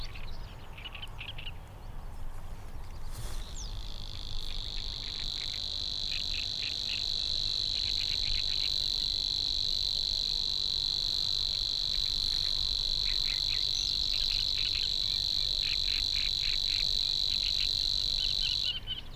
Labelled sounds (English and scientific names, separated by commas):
Savi's Warbler (Locustella luscinioides) song